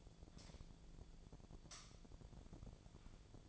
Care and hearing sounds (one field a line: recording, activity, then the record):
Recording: daily activity, microphone in the room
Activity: light on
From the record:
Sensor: 5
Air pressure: 1009.8 hPa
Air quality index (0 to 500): 158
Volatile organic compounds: 4 ppm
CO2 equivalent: 1538 ppm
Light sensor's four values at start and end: 163/413/172/184 and 162/414/172/184